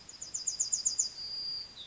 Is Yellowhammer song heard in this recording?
yes